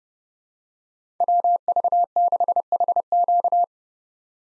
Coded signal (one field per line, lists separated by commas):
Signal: Morse code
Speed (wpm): 32 wpm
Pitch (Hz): 700 Hz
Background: none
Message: WV6HQ